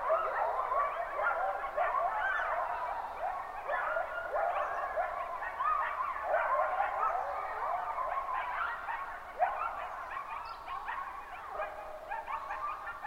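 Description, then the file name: Coyote group chorus, dense overlapping yips and wavering howls continuing steadily for the whole stretch. Chorus on 23 July 2005 at 05:26. "050723-0526 coyotechorus"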